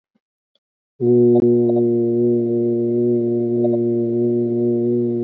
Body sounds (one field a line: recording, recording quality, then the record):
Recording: sustained vowel as in boot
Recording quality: excellent, no background noise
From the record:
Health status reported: healthy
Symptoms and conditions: hypertension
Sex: male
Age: 43 years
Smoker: not ticked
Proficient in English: yes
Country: India